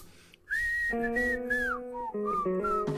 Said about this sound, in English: I thought I was gonna get a whistle duet.